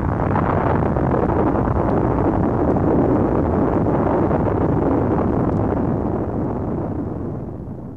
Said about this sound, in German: Ja, meine Damen und Herren, es hat sich hier gerade eine furchtbare Explosion ereignet. Man kann kaum etwas sehen vor lauter Staub und Nebel.